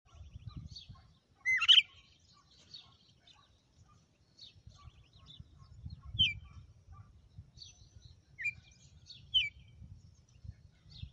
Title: Canto Galo Campina Fêmea. Galo de campina,hj foi um açoite atrás do outro